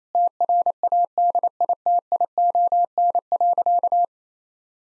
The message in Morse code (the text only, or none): TRADITION.